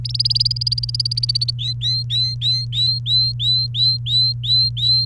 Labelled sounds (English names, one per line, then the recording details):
Domestic Canary song
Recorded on 29 April 2018 at 11:39
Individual llb3